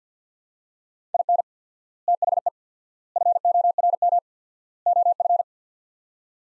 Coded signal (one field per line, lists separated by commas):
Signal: Morse code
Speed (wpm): 45 wpm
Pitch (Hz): 700 Hz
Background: none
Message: IN THE FORM OF